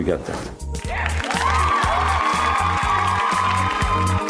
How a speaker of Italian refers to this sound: L'applauso l'abbiamo messo noi, non è che... Non c'era presente nessuno in sala da Juncker, per favore.